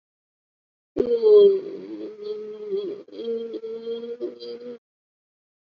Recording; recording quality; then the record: sustained vowel as in boot; poor, much background noise or distortion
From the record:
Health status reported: COVID-19 positive, moderate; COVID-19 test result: positive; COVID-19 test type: RT-PCR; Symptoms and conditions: cough, cold, breathing difficulty, sore throat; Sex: female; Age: 51 years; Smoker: no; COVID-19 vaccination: both doses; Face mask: worn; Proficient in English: yes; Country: India